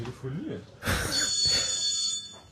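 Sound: mobile phone ringing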